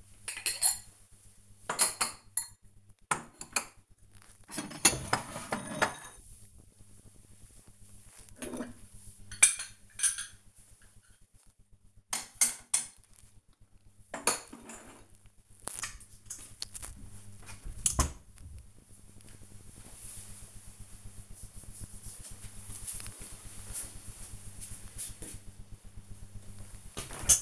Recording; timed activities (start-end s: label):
household activities, microphone on the right wrist
0.00-17.66 s: putting away the dishes
25.70-27.41 s: drinking